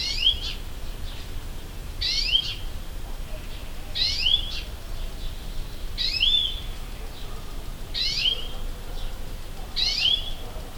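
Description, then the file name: European greenfinch repeating a nasal, slurred call note six times at an even pace of roughly one every two seconds, with soft low rumble underneath. "Chloris chloris"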